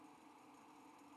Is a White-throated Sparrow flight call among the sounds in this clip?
no